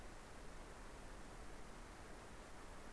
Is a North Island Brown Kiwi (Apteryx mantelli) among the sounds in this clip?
no